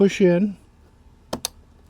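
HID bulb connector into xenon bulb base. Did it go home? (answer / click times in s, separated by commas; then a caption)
yes / 1.3 s, 1.5 s. Someone talks briefly, then an HID bulb connector, lined up in the zero degree position, is pushed into the D2S xenon bulb socket on the headlight housing of a Land Rover LR3 (Discovery 3). Two short, sharp clicks sound at 1.3 s and 1.5 s as the connector seats in the bulb base.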